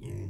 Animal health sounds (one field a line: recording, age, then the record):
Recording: pig call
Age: weaner (32 to 43 days)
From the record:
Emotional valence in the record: negative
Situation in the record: negative conditioning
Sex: female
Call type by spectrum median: low-frequency call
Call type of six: low-frequency stable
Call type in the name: low-frequency stable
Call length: 0.29 s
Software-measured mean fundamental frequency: 54 Hz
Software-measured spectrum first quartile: 101 Hz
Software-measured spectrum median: 167 Hz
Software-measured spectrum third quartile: 455 Hz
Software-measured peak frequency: 111 Hz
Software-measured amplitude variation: 134 dB a second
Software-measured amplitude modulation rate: 28.9 a second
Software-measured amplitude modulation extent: 4.6 dB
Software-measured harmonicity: 0.6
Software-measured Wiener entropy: -0.31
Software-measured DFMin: 1011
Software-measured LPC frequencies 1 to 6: 254, 2107, 2708, 3246, 4701, 5823 Hz